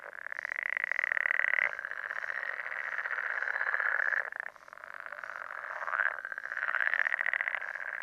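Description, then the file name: Pool frog calling in long buzzing, rattling trills that swell and break off every few seconds. "pelophylax lessonae"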